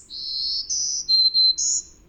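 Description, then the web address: Black-throated green warbler song of several sustained buzzy notes, steady, then higher, then two lower thin whistles and a final high buzz, over faint low rumble. North America. "Songs of Birds of North America Know Your Bird Sounds Common Western Species 35-Black-throated Green Warbler"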